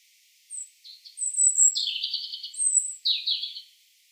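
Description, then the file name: European robin song alternating very high thin whistles with lower buzzy trilled phrases, somewhat soft, in a quiet background. "Erithacus rubecula"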